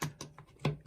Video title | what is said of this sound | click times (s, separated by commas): Miele WT2780 washing machine tripping electrics | clips in place. Try and do it without breaking the plastic tabs. | 0.0 s, 0.7 s